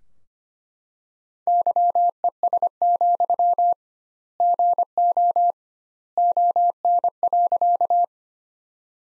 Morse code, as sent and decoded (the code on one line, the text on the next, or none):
-.-- . ... --..-- / --. --- / --- -. .-.-.-
YES, GO ON.